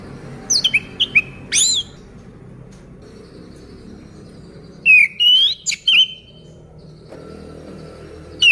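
Orange-headed thrush song: clear slurred whistles and sharp high notes in short phrases, with a long quiet gap between bursts.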